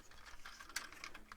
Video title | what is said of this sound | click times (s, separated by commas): AOYI Mech BMB Blackmamba LS-14 LS-15 Overisize Studio Series Optimus Prime and Jetfire | it should lock into place there we go | 0.8 s